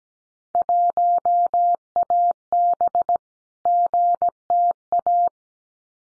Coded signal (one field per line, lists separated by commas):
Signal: Morse code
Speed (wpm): 17 wpm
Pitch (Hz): 700 Hz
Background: none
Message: 1AB GTA